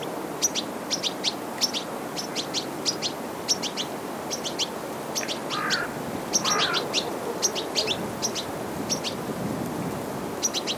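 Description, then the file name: European goldfinch calls: clusters of two or three sharp, high, steeply falling notes repeated throughout over steady hiss, with two lower, softer sounds near the middle. "Carduelis carduelis"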